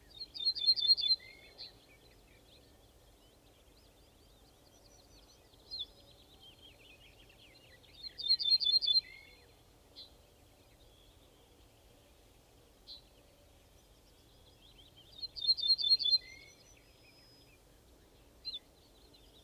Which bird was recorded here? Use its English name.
Ortolan Bunting